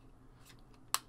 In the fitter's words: just like that that snaps in and then you've got to kind of just push the engine back slightly until